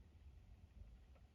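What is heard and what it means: Thread held in the right hand is pulled down toward the small spring-loaded thread guide of an old Kenmore 385.19010200 electronic sewing machine of Janome quality, a guide the thread must click into or it jumps out and the machine jams. Only quiet low-pitched handling noise is heard, with no sharp transients. The clip ends before the thread clicks in, so nothing has seated yet.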